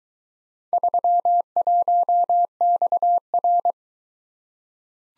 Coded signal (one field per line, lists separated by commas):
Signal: Morse code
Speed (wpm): 22 wpm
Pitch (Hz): 700 Hz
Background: none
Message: 31XR